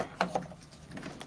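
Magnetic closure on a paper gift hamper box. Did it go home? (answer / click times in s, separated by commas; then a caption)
yes / 0.2 s. The magnet on the strap of a handmade cardstock hamper gift box is brought onto its partner magnet and snaps shut with a sharp click at 0.2 s. A smaller tick follows at 0.4 s, then faint light taps near 0.9 to 1.2 s. The magnetic closure is seated.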